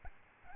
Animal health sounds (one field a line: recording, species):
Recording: mosquito wingbeat signal from an infrared sensor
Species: Aedes albopictus